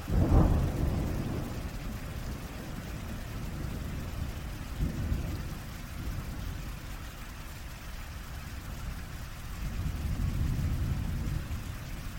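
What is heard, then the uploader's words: Thunder rumbles through a storm, opening with a sharp, heavy crack that rolls into a long low growl. A softer thud comes near five seconds and another deep swell builds around ten seconds, while a faint, steady hiss of rain runs underneath. Severe Thunderstorm and Heavy Rain Sounds. Intense thunder.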